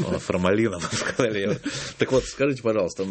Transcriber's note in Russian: все смеются